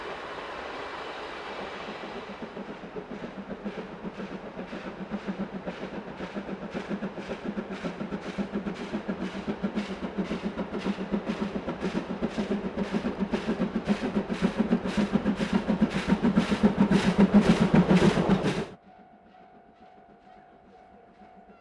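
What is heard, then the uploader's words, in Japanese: The SL Abukuma steam locomotive on the JR Ban'etsu East Line chuffs steadily, its regular exhaust beats quickening and growing louder over about eighteen seconds. The sound then cuts off abruptly, leaving a faint steady hum with a thin tone. 2004年新緑の頃にJR磐越東線で運行された「SLあぶくま号」です。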